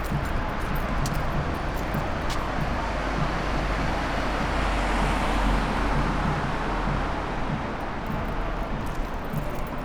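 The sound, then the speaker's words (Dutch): A police car drives past with a steady, loud roar of engine and tyre noise that swells slightly midway, over a low rumble, with no siren and no talking. “Nog één keer een smeris auto.”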